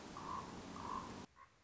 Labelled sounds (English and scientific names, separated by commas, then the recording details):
Common Raven (Corvus corax)
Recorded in Sonoma County, California